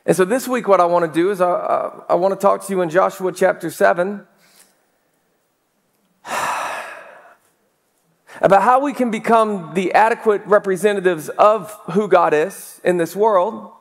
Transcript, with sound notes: And so this week, what I want to do is I want to talk to you in Joshua chapter, [sighs] about how we can become the adequate representatives of who God is in this world